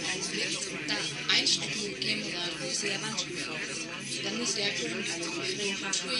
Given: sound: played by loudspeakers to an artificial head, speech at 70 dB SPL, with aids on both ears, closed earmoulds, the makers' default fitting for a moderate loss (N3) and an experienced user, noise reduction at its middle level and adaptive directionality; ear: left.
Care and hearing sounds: speech test signal (ISTS) in cocktail-party noise; -3 dB; on the right (90 degrees)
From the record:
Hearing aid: class 1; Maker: B

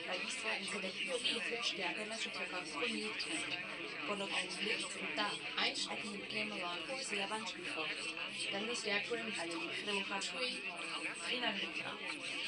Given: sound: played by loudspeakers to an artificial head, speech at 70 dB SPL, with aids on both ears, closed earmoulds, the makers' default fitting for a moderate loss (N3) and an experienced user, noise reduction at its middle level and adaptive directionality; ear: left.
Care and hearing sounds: speech test signal (ISTS) in cocktail-party noise; +3 dB; on the right (90 degrees)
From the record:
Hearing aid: class 2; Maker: C

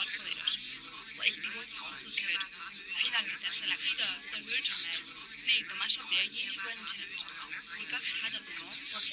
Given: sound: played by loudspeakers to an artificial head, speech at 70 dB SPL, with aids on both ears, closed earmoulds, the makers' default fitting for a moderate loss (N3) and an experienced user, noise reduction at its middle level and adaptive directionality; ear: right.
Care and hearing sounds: speech test signal (ISTS) in cocktail-party noise; -6 dB; on the right (90 degrees)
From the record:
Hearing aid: class 2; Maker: H

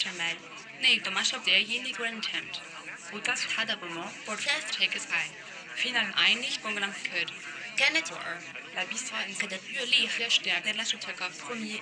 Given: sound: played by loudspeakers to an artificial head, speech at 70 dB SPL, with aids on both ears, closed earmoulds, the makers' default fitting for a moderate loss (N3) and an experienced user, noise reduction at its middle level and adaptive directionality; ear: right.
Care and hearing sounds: speech test signal (ISTS) in cocktail-party noise; +6 dB; in front (0 degrees)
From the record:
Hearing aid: class 2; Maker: G

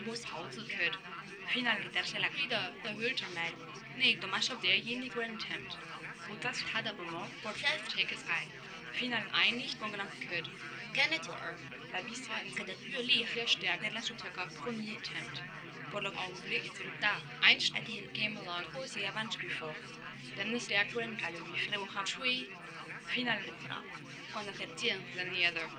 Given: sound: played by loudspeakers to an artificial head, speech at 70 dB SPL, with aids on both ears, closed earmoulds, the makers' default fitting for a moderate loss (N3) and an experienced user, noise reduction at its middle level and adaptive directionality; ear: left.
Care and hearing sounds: speech test signal (ISTS) in cocktail-party noise; 0 dB; in front (0 degrees)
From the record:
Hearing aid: class 2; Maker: F

